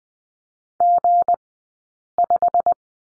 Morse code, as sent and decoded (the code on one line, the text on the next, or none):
--. .....
G5